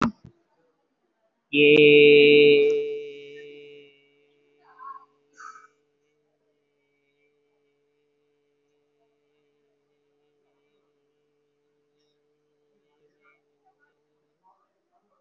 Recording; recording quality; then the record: sustained vowel as in made; excellent, no background noise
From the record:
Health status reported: COVID-19 positive, no symptoms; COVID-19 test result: positive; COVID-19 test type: RT-PCR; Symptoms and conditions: breathing difficulty, diabetes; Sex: male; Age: 58 years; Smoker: no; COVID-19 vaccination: both doses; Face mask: worn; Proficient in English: yes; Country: India